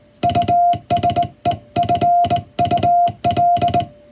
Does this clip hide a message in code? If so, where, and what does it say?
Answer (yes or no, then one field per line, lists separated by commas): yes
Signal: Morse code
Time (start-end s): 0.2-3.8 s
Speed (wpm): 21 wpm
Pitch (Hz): 700 Hz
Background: music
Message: USEFUL